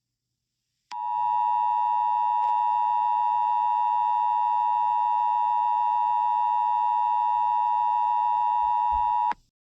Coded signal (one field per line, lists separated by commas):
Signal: Emergency Alert System (SAME) tones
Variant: 853 and 960 Hz attention tone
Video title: EAS SCENARIO 15: Scar E.X.E